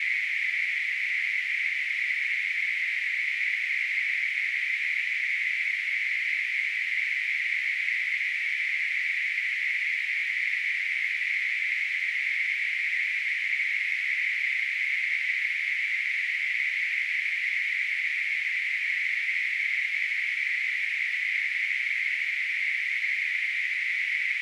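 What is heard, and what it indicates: A steady, unchanging hiss, narrowed to a mid-high pitch band, runs without pause for about 24 seconds, with no other sounds. This is a simulation of tinnitus, the constant ringing or hissing in the ears some people perceive without an outside source.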